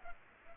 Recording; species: mosquito wingbeat signal from an infrared sensor; Culex pipiens